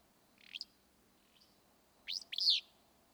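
Willow flycatcher with a short buzzy note, a faint chip, then a strong burry two-part sneezing phrase.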